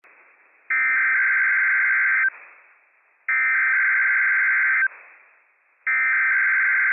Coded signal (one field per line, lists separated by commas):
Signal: Emergency Alert System (SAME) tones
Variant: header bursts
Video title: WWF56 Required Weekly Test from NWS Pendleton, Oregon - EAS #271 - 10:06 AM PDT 9/21/22